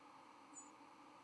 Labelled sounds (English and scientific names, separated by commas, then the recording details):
White-throated Sparrow (Zonotrichia albicollis) flight call
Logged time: 08:23 on 31 October 2014